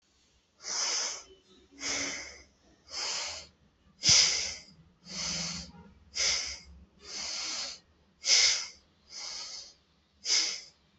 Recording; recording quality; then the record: deep breathing; excellent, no background noise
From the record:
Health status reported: healthy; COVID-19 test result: not tested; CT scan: not taken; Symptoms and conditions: none ticked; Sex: male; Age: 25 years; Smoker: no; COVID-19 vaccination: one dose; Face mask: not worn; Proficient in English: yes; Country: India